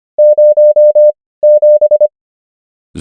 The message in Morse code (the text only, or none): 07